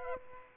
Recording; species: mosquito wingbeat signal from an infrared sensor; Aedes aegypti